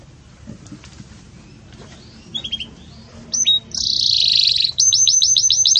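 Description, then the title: Belgian canary song: faint scattered chirps, then a loud buzzy high trill followed by a fast run of repeated sharp notes. Belgian canary, bell-like song style ('campainha'), used for song-tutoring young canaries. "Belíssimo Canto Do Canário Belga Campainha Para Encarte De Filhotes"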